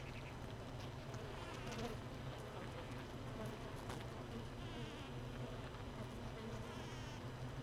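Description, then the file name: Honey bees buzzing as a dense low colony hum, with faint crackles. Hive without a queen, hive 1, recorded 31 May 2018 at 15:30. "Hive 1 31 05 2018 NO Queen Bee H 1 audio 15 30 00"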